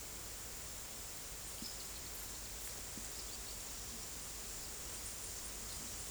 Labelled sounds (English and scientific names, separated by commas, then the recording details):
none
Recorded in secondary vegetation near Puerto Asís, Putumayo, Colombia, on 22 December 2024 at 13:30
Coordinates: 0.468, -76.324
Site G095